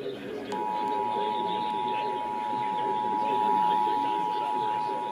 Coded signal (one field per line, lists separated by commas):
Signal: Emergency Alert System (SAME) tones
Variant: 853 and 960 Hz attention tone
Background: speech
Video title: Los Angeles Required Monthly Tests (EAS #6170-6236) 3/29/22